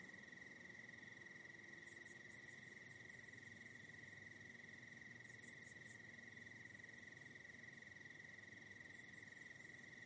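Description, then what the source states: Crickets trilling in a steady, unbroken high tone, with bursts of higher pulsed insect chirping coming and going. Night in the Hollywood Hills.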